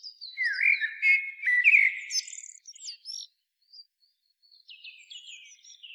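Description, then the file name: Blackbird singing a fluted, slurred phrase of low whistles that breaks into high twittering, then soft thin high notes trail off. "Turdus merula"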